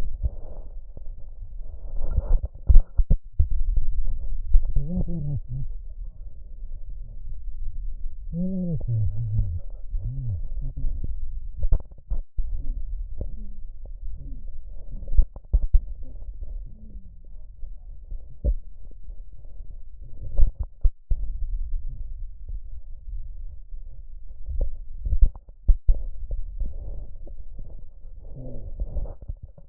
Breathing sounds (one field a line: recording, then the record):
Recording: lung sounds by stethoscope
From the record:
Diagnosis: chronic bronchitis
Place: left posterior upper chest